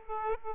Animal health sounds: mosquito wingbeat signal from an infrared sensor; Aedes aegypti

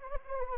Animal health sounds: mosquito wingbeat signal from an infrared sensor; Anopheles arabiensis

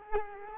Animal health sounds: mosquito wingbeat signal from an infrared sensor; Culex quinquefasciatus

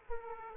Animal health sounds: mosquito wingbeat signal from an infrared sensor; Aedes aegypti

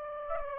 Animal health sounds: mosquito wingbeat signal from an infrared sensor; Aedes aegypti

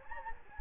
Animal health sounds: mosquito wingbeat signal from an infrared sensor; Anopheles gambiae

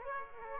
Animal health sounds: mosquito wingbeat signal from an infrared sensor; Aedes aegypti

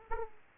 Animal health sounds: mosquito wingbeat signal from an infrared sensor; Aedes aegypti

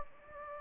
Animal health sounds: mosquito wingbeat signal from an infrared sensor; Anopheles gambiae

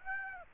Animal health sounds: mosquito wingbeat signal from an infrared sensor; Aedes aegypti

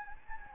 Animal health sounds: mosquito wingbeat signal from an infrared sensor; Anopheles gambiae

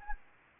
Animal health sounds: mosquito wingbeat signal from an infrared sensor; Anopheles gambiae

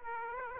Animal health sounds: mosquito wingbeat signal from an infrared sensor; Aedes aegypti

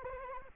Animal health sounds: mosquito wingbeat signal from an infrared sensor; Anopheles arabiensis

